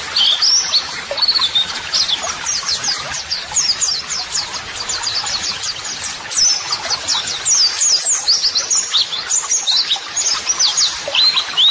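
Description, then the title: White-eye: rapid high twittering, thin whistled slurs and chirps tumbling over one another in a continuous, busy stream. Masteran (model song) audio for training white-eyes, described as therapy audio meant to make a bird answer at once; 'gacor' meaning a vigorously singing bird. "Pleci Gacor. LANGSUNG NYAUT MASTERAN AUDIO TERAPI PLECI"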